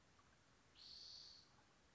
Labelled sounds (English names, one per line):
Spotted Towhee